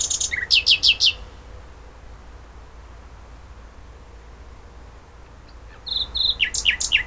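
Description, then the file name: Common nightingale song in two bursts of rapid high notes separated by a long pause. "Luscinia megarhynchos"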